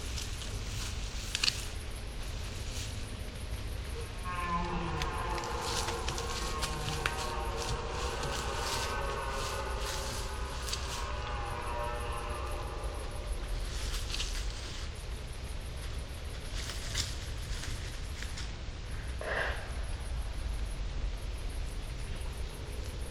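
A red deer stag roars in the forest, one long drawn-out bellow from about five to thirteen seconds, rising and wavering. A shorter, fainter call comes near the twentieth second. A steady low rumble and hiss run underneath throughout.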